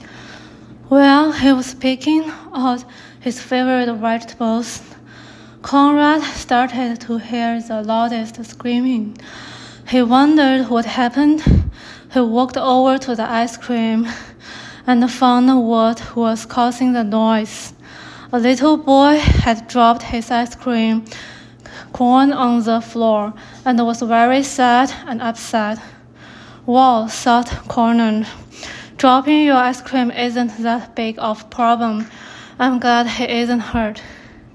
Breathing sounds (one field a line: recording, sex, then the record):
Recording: reading aloud after running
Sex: female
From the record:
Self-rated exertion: moderate exertion (3 of 6)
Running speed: 7 miles an hour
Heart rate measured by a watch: 157 beats a minute at the start, 149 at the end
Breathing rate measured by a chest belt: 17 breaths a minute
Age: 33 years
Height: 155 cm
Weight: 48 kg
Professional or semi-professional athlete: no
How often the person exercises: 3 to 5 times a week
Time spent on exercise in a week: under 1 hour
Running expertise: no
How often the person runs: under once a week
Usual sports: hiking, cycling